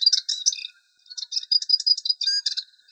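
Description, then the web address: Subalpine warbler giving a rapid run of dry, scratchy chattering notes high in pitch, in bursts with short pauses between them. "Sylvia cantillans"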